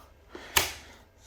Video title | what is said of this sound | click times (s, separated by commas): Carbo Model X eBike brief review and transportation / folding mechanism | this lever will click into place so | 0.6 s